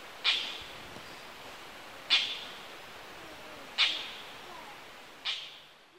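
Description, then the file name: Oriental dollarbird repeating a short grating call four times, about every one and a half seconds, each note abrupt and scratchy against quiet hiss. Recorded 3 August 1997 at Kuroda, Tottori, Japan. "bupposo 970803 tottori kuroda"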